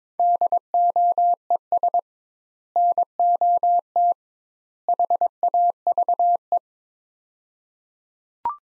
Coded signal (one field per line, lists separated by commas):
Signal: Morse code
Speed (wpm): 22 wpm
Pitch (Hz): 700 Hz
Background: none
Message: DOES NOT HAVE